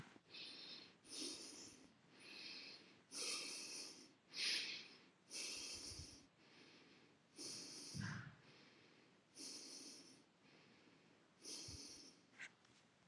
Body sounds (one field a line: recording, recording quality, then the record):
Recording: shallow breathing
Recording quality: excellent, no background noise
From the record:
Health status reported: healthy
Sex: male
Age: 50 years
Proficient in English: yes